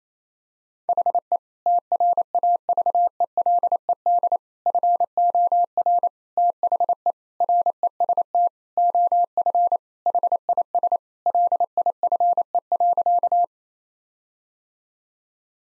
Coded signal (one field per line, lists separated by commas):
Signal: Morse code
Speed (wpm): 28 wpm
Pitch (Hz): 700 Hz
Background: none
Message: HE TRAVELED FOR THE REST OF HIS LIFE.